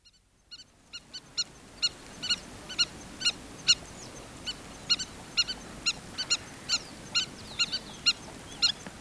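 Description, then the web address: Southern lapwing call, a series of short, strident harsh notes repeated roughly twice a second, with softer overlapping calls and a faint background hiss. "earth naturelibrary assets s so southern lapwing"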